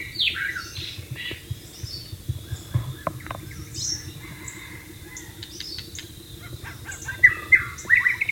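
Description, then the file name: White-rumped shama song: varied whistled and slurred phrases, some falling, in bursts at start and end, with low rumbling noise beneath. "suara burung murai batu di alam liar"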